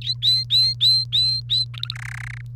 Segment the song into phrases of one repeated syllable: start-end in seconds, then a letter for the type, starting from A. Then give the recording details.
0.01-1.65 A, 1.74-1.95 B, 1.96-2.41 C. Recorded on 1 May 2018 at 08:26. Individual llb3